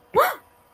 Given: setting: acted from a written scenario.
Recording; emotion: vocal sound without words; negative surprise